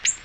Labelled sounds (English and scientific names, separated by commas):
Ovenbird (Seiurus aurocapilla) flight call